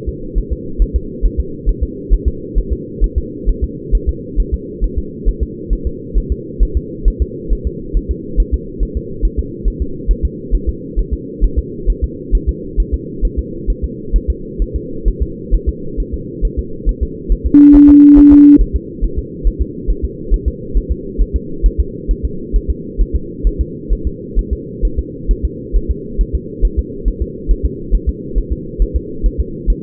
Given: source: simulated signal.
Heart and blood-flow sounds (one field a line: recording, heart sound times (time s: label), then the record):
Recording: fetal heart sounds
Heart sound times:
0.09 s: S2
0.38 s: S1
0.53 s: S2
0.82 s: S1
0.96 s: S2
1.25 s: S1
1.40 s: S2
1.69 s: S1
1.83 s: S2
2.13 s: S1
2.28 s: S2
2.58 s: S1
2.73 s: S2
3.04 s: S1
3.18 s: S2
3.49 s: S1
3.64 s: S2
3.95 s: S1
4.09 s: S2
4.40 s: S1
4.54 s: S2
4.84 s: S1
4.98 s: S2
5.28 s: S1
5.43 s: S2
5.73 s: S1
5.87 s: S2
6.18 s: S1
6.32 s: S2
6.63 s: S1
6.77 s: S2
7.08 s: S1
7.22 s: S2
7.53 s: S1
7.67 s: S2
7.97 s: S1
8.11 s: S2
8.40 s: S1
8.54 s: S2
8.83 s: S1
8.97 s: S2
9.25 s: S1
9.39 s: S2
9.68 s: S1
9.82 s: S2
10.11 s: S1
10.25 s: S2
10.55 s: S1
10.69 s: S2
10.99 s: S1
11.13 s: S2
11.44 s: S1
11.59 s: S2
11.90 s: S1
12.04 s: S2
12.35 s: S1
12.49 s: S2
12.80 s: S1
12.94 s: S2
13.25 s: S1
13.39 s: S2
13.70 s: S1
13.84 s: S2
14.16 s: S1
14.30 s: S2
14.62 s: S1
14.76 s: S2
15.08 s: S1
15.23 s: S2
15.55 s: S1
15.69 s: S2
16.00 s: S1
16.14 s: S2
16.45 s: S1
16.59 s: S2
16.89 s: S1
17.03 s: S2
17.32 s: S1
17.47 s: S2
17.75 s: S1
17.90 s: S2
18.18 s: S1
18.33 s: S2
18.61 s: S1
18.76 s: S2
19.04 s: S1
19.19 s: S2
19.47 s: S1
19.62 s: S2
19.90 s: S1
20.05 s: S2
20.34 s: S1
20.48 s: S2
20.77 s: S1
20.92 s: S2
21.22 s: S1
21.36 s: S2
21.66 s: S1
21.80 s: S2
22.11 s: S1
22.25 s: S2
22.56 s: S1
22.70 s: S2
23.01 s: S1
23.16 s: S2
23.47 s: S1
23.61 s: S2
23.93 s: S1
24.07 s: S2
24.39 s: S1
24.53 s: S2
24.85 s: S1
24.99 s: S2
25.31 s: S1
25.45 s: S2
25.76 s: S1
25.91 s: S2
26.21 s: S1
26.35 s: S2
26.65 s: S1
26.79 s: S2
27.08 s: S1
27.22 s: S2
27.51 s: S1
27.66 s: S2
27.95 s: S1
28.09 s: S2
28.38 s: S1
28.53 s: S2
28.82 s: S1
28.96 s: S2
29.26 s: S1
29.40 s: S2
29.70 s: S1
From the record:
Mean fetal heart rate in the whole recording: 135 bpm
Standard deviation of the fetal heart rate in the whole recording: 3 bpm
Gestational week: 36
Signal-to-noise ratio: -4.3 dB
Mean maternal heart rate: 72 bpm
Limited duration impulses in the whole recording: present